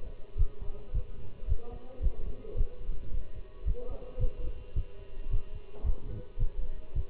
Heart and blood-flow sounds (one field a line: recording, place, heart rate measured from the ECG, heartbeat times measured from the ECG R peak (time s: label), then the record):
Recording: heart sounds by stethoscope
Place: between the tricuspid and mitral areas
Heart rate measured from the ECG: 110 bpm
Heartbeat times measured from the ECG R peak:
0.38 s: heartbeat
0.94 s: heartbeat
1.49 s: heartbeat
2.03 s: heartbeat
2.58 s: heartbeat
3.13 s: heartbeat
3.67 s: heartbeat
4.20 s: heartbeat
4.76 s: heartbeat
5.31 s: heartbeat
5.86 s: heartbeat
6.40 s: heartbeat
6.96 s: heartbeat
From the record:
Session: Bruce protocol treadmill stress test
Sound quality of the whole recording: good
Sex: male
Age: 25 years